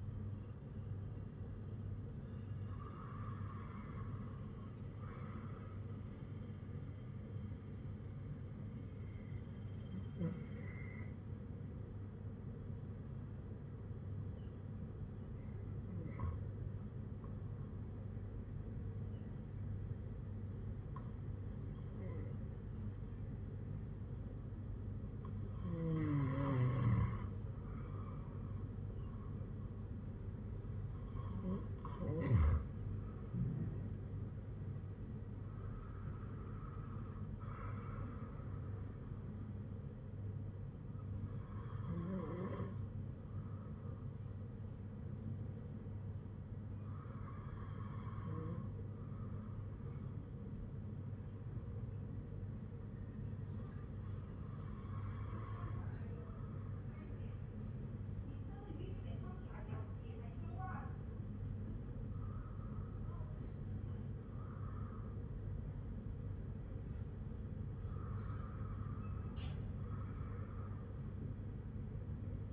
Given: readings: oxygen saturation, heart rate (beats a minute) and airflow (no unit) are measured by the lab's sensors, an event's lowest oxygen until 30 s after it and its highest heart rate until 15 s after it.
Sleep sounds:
breathing in sleep by a smartphone at the bedside; 1
47.00-62.40 s: hypopnea (N2, oxygen 97% highest, then 95% lowest, heart rate 53 at the start, 59 highest)
50.00-72.53 s: new sleep stage, N1 (lightest sleep)
From the record:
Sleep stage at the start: N2 (light sleep); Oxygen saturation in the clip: 94 to 98%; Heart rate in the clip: 52 to 60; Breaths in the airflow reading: 12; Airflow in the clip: -7.7 to 6.2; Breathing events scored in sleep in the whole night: 182 in 7.4 hours asleep

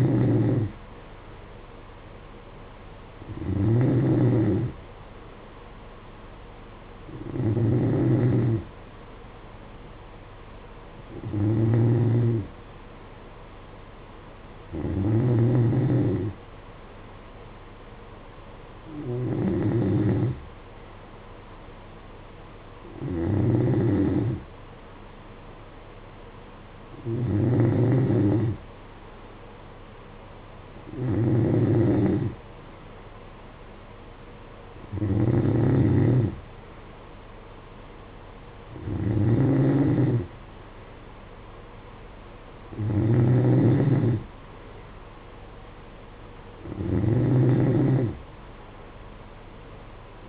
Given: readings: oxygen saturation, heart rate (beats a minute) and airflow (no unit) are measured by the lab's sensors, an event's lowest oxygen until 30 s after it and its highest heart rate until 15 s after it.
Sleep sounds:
breathing in sleep by a voice recorder at the bedside; none
26.00-50.29 s: new sleep stage, N2 (light sleep)
From the record:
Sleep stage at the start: N3 (deep sleep); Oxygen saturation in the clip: 92 to 93%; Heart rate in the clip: 54 to 58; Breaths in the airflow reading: 13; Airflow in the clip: -9.9 to 6.8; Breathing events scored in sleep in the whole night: 476 in 9.7 hours asleep

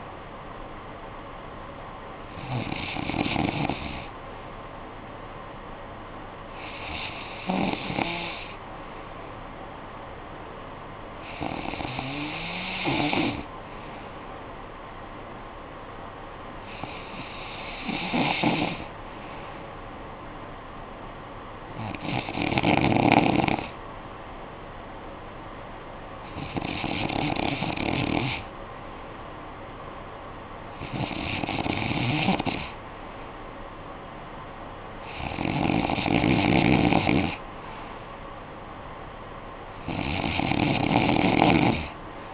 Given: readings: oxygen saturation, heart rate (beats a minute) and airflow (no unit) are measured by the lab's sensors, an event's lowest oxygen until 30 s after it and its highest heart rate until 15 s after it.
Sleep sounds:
breathing in sleep by a voice recorder at the bedside; none
none scored
From the record:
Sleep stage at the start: N2 (light sleep); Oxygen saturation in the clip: 93 to 94%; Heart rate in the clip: 55 to 60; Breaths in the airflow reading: 9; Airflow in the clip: -9.1 to 5.1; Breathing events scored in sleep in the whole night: 445 in 7.6 hours asleep

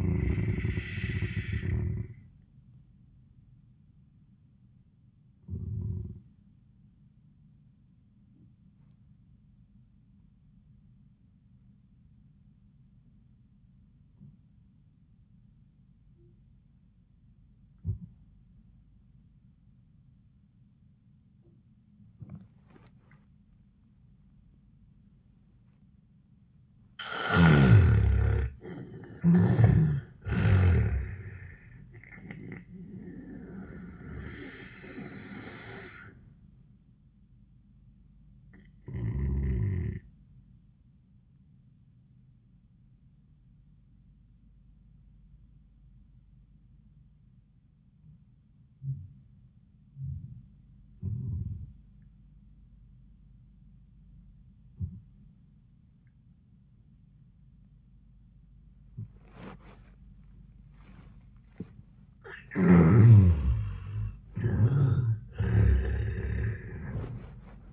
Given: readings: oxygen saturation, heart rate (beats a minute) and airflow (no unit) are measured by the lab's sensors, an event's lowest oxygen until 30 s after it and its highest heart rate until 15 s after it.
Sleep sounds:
breathing in sleep by a smartphone at the bedside; 2
4.00-25.50 s: hypopnea (N2, oxygen 95% highest, then 77% lowest)
28.00-67.72 s: new sleep stage, N1 (lightest sleep)
36.00-62.80 s: hypopnea (N1, oxygen 96% highest, then 80% lowest, heart rate 80 at the start, 85 highest)
From the record:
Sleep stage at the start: N2 (light sleep); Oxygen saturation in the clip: 77 to 96%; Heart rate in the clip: 75 to 85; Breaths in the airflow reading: 9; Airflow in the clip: -21.7 to 29.3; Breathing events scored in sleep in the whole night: 400 in 8.7 hours asleep

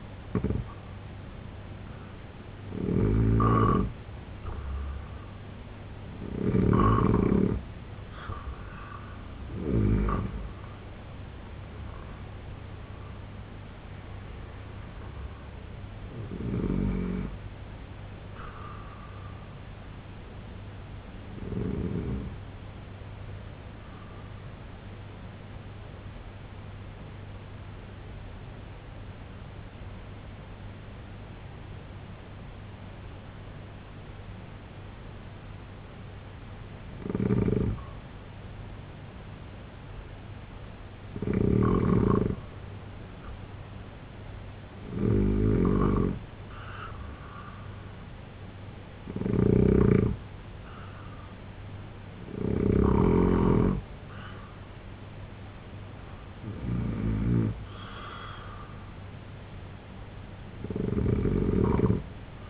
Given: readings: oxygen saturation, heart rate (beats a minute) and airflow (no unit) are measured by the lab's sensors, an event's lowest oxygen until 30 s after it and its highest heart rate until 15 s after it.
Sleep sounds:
breathing in sleep by a voice recorder at the bedside; 1
23.00-43.10 s: hypopnea (N2, oxygen 95% highest, then 89% lowest, heart rate 65 at the start, 77 highest)
From the record:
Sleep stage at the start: N2 (light sleep); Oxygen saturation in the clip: 86 to 95%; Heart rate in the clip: 63 to 83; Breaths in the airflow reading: 14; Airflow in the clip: -6.2 to 7.1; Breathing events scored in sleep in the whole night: 258 in 7.4 hours asleep

